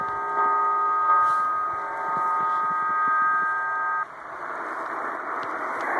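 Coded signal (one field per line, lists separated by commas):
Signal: numbers station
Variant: Cuban digital, HM01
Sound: chord of several steady tones for four seconds, then dense rushing data hiss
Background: radio static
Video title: Cuban Spy numbers 9240 kHz USB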